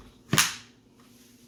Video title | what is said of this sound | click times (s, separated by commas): Tanaka 1873 Peacemaker Revolvers, KJ Works G26, Tokyo Marui M92 Berretas Quick Table Top Review | satisfying click | 0.4 s